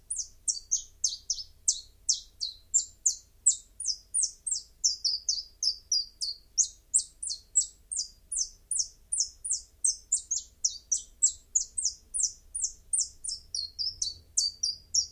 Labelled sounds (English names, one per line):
Common Chiffchaff song